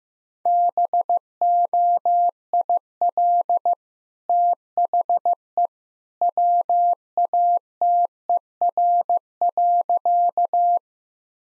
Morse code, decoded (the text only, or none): BOIL THE WATER.